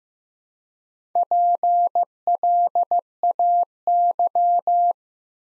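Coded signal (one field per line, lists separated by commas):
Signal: Morse code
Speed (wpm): 15 wpm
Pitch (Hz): 700 Hz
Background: none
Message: PLAY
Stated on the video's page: Build-a-word copy practice at 15 wpm, with six-letter words sent two letters at a time.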